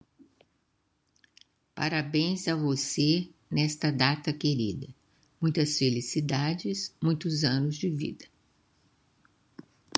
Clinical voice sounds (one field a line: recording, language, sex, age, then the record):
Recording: short text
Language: Brazilian Portuguese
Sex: female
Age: 70 to 79 years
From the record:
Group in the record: control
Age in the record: 74 years